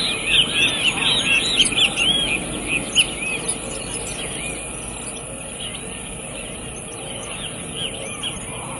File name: canto do suiriri Cavaleiro